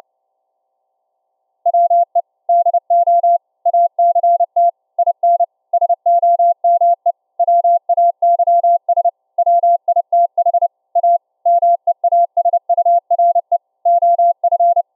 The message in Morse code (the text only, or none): WE DO ACT IN SOME WAYS WITH A MEASURE OF